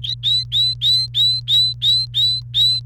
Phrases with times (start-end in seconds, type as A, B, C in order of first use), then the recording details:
0.03-2.80 A. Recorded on 28 April 2018 at 12:57. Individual llb3